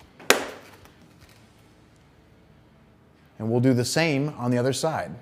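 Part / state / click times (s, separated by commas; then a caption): main gear strut into the gear plate of an RC foam jet / seated / 0.3 s. A main landing gear strut is turned together with the gear plate of an RC foam jet until it snaps into place. There is one loud, sharp snap at 0.3 s with a couple of faint ticks around it, then quiet, and then someone talks. The strut is seated in the gear plate.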